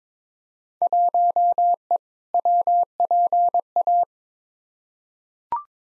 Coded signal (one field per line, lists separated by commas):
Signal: Morse code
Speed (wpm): 22 wpm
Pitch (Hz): 700 Hz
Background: none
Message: 1E WPA